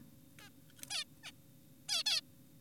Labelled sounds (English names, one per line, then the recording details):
Zebra Finch
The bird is an adult
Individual g4p5U